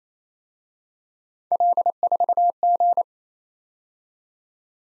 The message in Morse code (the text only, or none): L4G